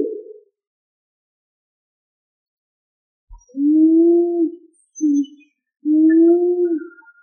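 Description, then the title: Pigeon cooing: low, steady drawn-out coos with a short clipped note between them, separated by silent gaps. "Columbidae Pomba"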